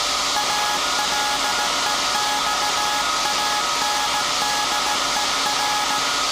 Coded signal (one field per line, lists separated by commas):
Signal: Morse code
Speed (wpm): 17 wpm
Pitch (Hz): 840 Hz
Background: none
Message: ALEXANDER